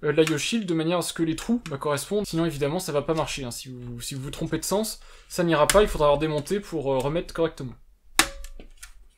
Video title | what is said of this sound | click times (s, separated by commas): Assembler les COMPOSANTS de son NAS DIY 🖥 | on appuie jusqu'à temps que ça se clipse à l'arrière ici on | 8.2 s